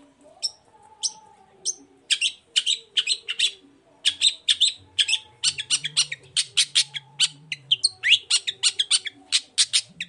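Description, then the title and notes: Long-tailed shrike song: sparse harsh notes building into fast, dense rasping bursts, with a faint low hum in the background. Bird singing in the morning with varied 'toet toet' notes, used as a lure to provoke other long-tailed shrikes into answering and singing along. "Langsung NYAUTTTTT ! Cendet Gacor Dor Di Kala Pagi Toet Toet Variasi Suara. Pancingan Emosi Cendet Gacor Full Variasi Toet Toet Bikin Nyaut Cendet Lain Langsung Ikutan Bunyi. Burung cendet"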